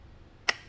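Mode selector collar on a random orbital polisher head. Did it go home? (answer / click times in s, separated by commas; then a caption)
yes / 0.5 s. The mode selector collar on the head of a McKee's 37 UDOS 51E random orbital polisher is switched into its 21 mm orbit mode. A single sharp plastic-and-metal lock click sounds at 0.5 s against a quiet background. The collar seats and locks into the 21 mm mode.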